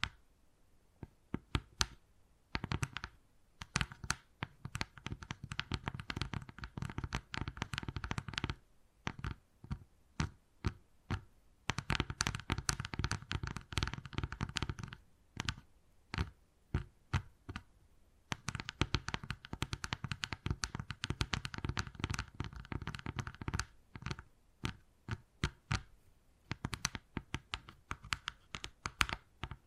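Wood carving, with quick taps and clicks against wood, sometimes in dense bursts of rapid strikes and sometimes in sparse, separate knocks. Short scraping passages run underneath, and brief pauses fall near 8, 15 and 18 seconds.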